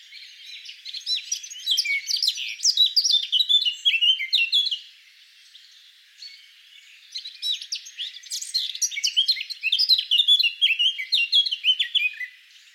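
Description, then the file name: Eurasian blackcap song in two long bursts of rapid, varied warbling notes, each lasting several seconds, separated by a short quiet gap. "Sylvia atricapilla"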